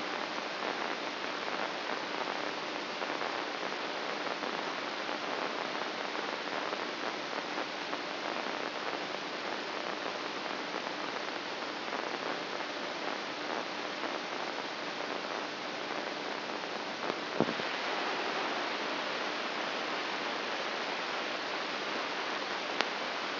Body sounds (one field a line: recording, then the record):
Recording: brain microelectrode recording played as sound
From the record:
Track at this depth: inside the subthalamic nucleus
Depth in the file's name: 6.216 mm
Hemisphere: left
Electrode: 2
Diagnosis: Parkinson's disease